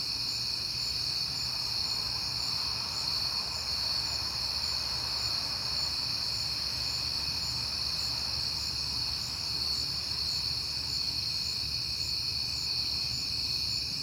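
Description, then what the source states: Crickets chirp in a dense, steady high chorus throughout. Crickets heard often in September, recorded at night on a peaceful night.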